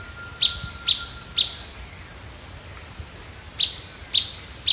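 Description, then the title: Blackish pewee giving short sharp pip notes, three spaced about half a second apart, a pause, then three more, over a steady high insect drone. Subspecies canescens. "LuckyPassaro Completos2Sama. Blackish Pewee"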